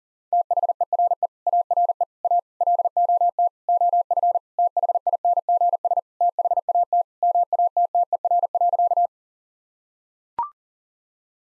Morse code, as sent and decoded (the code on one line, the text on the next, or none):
- .... . .-. . / .- .-. . / .- / .-.. --- - / --- ..-. / - .... .. -. --. ... / - .... .- - / -- .- - - . .-. .-.-.-
THERE ARE A LOT OF THINGS THAT MATTER.